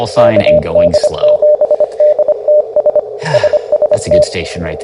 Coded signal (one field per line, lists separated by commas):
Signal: Morse code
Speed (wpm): 24 wpm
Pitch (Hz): 600 Hz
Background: speech, radio noise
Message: KD7DTS SST